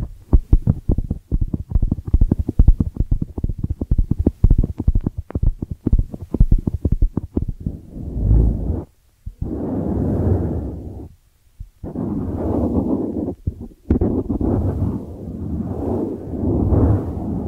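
Ear cleaning sounds, starting with rapid, dense crackling taps for about eight seconds. Then come longer, muffled rubbing and swishing strokes in low tones, separated by brief near-silent gaps around nine, eleven and fourteen seconds.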